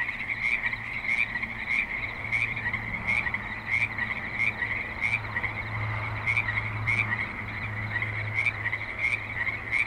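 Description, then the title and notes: Frogs croaking in a busy chorus, rough calls repeating in quick succession, over a low hum. Several frogs at a creek in Spanish Springs, Nevada, USA, suburban setting with light traffic and other suburban sounds. "Frogs in Spanish Springs, NV - creek view. Frogs with light traffic and other suburban sounds"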